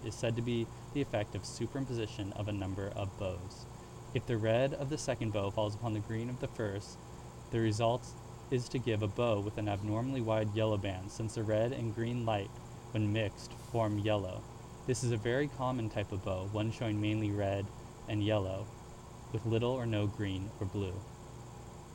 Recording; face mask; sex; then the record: reading aloud; surgical mask; male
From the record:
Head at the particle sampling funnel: tilted up or above it, chin in front of it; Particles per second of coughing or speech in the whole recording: 0.0361